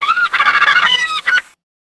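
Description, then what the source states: Gull calling: a harsh, squealing run of notes, ending with one separate short cry. Calling at close range.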